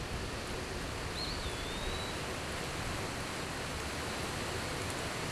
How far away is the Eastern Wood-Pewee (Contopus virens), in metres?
about 35 m